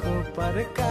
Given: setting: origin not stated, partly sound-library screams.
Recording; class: one-second piece from a danger detection set; normal situation